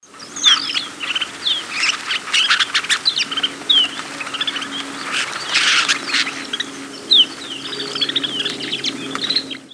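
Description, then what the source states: Snow bunting calls: many overlapping short chirps, buzzy notes and thin descending whistles, almost continuous. New York.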